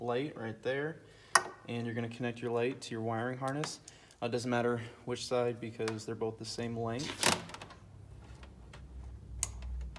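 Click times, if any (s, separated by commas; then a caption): 9.4 s. Someone talks while a Rigid D Series spot light rests on a cloth during a Jeep JL Dee Zee cowl bracket install, and its plastic connector is pushed onto the wiring harness plug. After the talking, there are soft handling sounds, then a sharp, bright click at 9.4 s as the connector seats into the harness plug.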